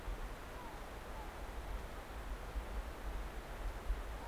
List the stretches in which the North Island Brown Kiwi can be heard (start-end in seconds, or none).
none